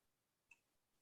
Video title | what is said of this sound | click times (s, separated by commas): Banta Models Duncan's Boots | so the top tab of that inner doorway is a bit tight there it goes it just snapped into place | 0.5 s